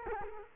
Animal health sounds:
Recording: mosquito wingbeat signal from an infrared sensor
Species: Culex quinquefasciatus

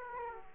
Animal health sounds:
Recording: mosquito wingbeat signal from an infrared sensor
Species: Aedes aegypti

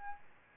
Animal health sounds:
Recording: mosquito wingbeat signal from an infrared sensor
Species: Aedes albopictus

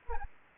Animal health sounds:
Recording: mosquito wingbeat signal from an infrared sensor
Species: Anopheles gambiae

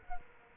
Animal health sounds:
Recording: mosquito wingbeat signal from an infrared sensor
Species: Culex quinquefasciatus

